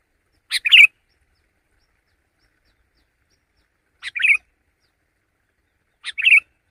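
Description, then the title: Sooty-headed bulbul song: three quick bubbly phrases, each opening with a sharp note and ending in a warble, spaced a few seconds apart. "kutilang"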